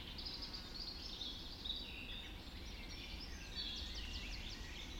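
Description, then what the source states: Dawn chorus of several birds, high thin warbles and chirps running together without pause, with a constant low hum beneath. Dawn chorus recorded just after dawn in the Forest of Dean.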